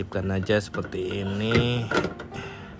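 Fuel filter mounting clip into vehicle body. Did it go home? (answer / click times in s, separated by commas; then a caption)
no / none. The plastic mounting clip of a new fuel filter for a Suzuki Ertiga is being handled at its hole in the car body while someone talks. The clip has not yet seated or clicked in this moment.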